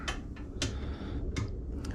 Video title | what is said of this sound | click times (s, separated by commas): Sport Rider HR 1500 for Electric Bikes | Locks in place. | 0.6 s